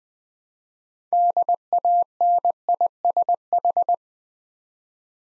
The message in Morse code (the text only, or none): DANISH